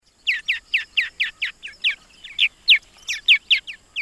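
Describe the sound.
Purple Martin chattering, a rapid run of chirps, roughly four per second, varying a little in pitch and loudness.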